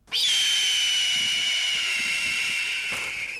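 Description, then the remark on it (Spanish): A movie-style sound effect for a golden eagle's screech, unlike real eagles: one long, loud, raspy high-pitched cry that sweeps slightly down at the start, then holds steady for about three seconds before cutting off, with no other sounds. “Está cabreada este águila. Así es como suenan las águilas.”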